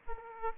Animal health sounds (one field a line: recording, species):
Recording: mosquito wingbeat signal from an infrared sensor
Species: Aedes aegypti